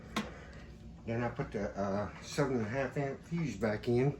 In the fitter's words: Push it in until it locks in place, which it did.